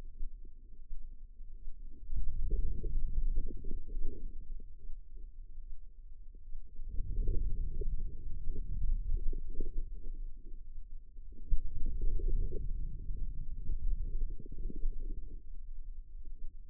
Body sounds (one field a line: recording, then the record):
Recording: forearm muscle sounds (acoustic myography)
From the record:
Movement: ulnar deviation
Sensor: system 2, bracelet of six BSWA MPA416 microphones around the upper forearm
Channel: 6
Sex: female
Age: 25 years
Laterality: right